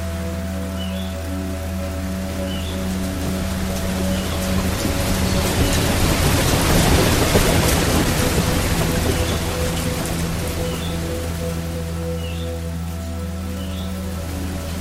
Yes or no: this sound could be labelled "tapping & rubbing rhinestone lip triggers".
no